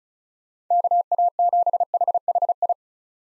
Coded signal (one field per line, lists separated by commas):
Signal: Morse code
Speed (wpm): 45 wpm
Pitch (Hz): 700 Hz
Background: none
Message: KA7HHI